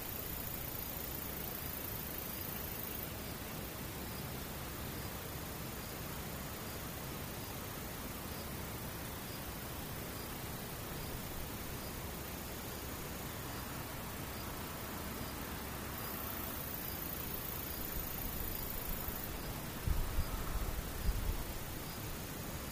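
Near-silence with a steady low hiss, faint distant insects buzzing high at the start and again around sixteen seconds, and soft thumps near twenty.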